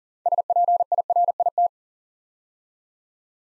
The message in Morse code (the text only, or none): SPIRIT